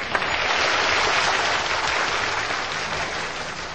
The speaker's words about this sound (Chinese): 我哋鼓掌欢迎